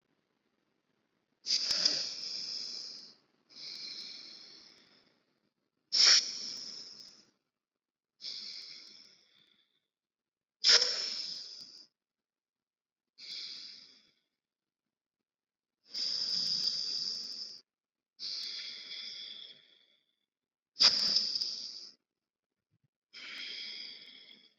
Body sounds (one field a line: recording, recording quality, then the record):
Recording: deep breathing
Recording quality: excellent, no background noise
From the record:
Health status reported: respiratory illness, not identified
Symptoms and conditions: sore throat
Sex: female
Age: 28 years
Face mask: not worn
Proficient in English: yes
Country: India